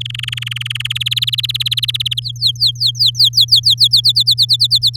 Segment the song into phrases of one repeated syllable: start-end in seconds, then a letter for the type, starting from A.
0.00-0.98 A, 1.00-2.20 B, 2.22-3.75 C, 3.78-4.96 D